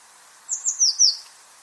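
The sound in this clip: Eurasian blue tit call: four sharp, very high notes in quick succession, each sliding slightly lower, forming a short thin descending phrase.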